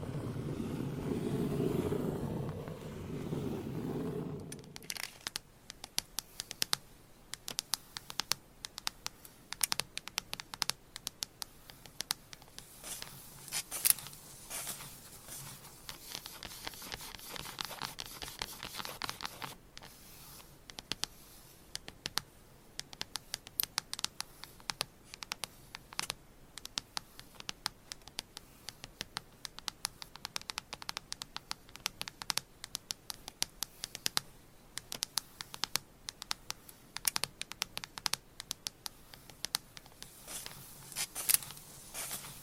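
Gentle tapping and scratching fills the clip, a dense run of quick, light, crisp clicks and scrapes that continues without pause. The first four seconds carry a low, soft rumbling rub before the sharp taps take over. Bursts thicken around 14 seconds and again near the end.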